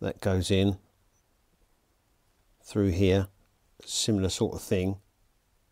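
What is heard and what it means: A male crimp terminal is handled at a plastic connector housing, being guided toward pushing it through until it latches, while someone talks in three short bursts. Between the speech there is only faint low background noise, and nothing has seated or clicked yet.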